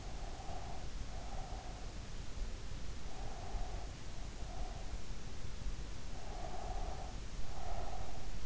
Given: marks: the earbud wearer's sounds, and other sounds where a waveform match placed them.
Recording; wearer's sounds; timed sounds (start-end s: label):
sounds in sleep by an in-ear microphone; breath
0.00-1.93 s: breath
3.11-4.94 s: breath
6.15-8.29 s: breath